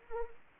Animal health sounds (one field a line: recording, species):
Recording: mosquito wingbeat signal from an infrared sensor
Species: Anopheles arabiensis